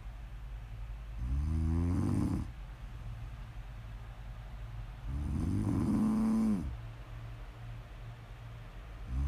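An adult snoring in sleep: loud, low-pitched snores with harmonic, buzzing tones, repeating about every four seconds, with quieter breathing between them.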